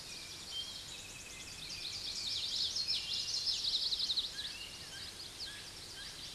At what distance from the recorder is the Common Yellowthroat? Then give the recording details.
about 30 m. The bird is about 10 m above the microphone. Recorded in a Pennsylvania forest on 16 May 2024 at 06:37. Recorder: AudioMoth, point MSD-1418. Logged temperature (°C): 16.4 °C. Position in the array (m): 239 m, 175 m